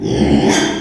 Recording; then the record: squeal of a Yucatan mini pig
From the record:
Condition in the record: after surgery on the right vocal fold (resection and tissue-engineered implant); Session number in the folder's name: 3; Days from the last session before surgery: 33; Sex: male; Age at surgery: 12 weeks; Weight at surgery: 13 kg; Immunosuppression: cyclosporine, prednisolone